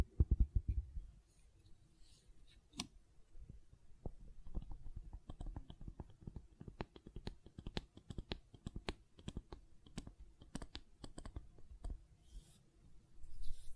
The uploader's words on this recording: ASMR Gentle Silicon Sounds for Sleep (No Talking).